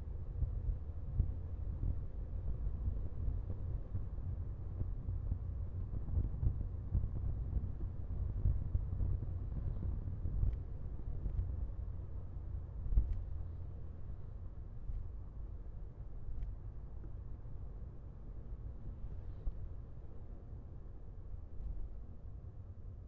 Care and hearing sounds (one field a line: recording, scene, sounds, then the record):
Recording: everyday scene through a hearing-aid microphone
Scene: in a vehicle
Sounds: engine, rumble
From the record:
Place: Skoda Fabia, gasoline engine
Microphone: behind the ear, left, rear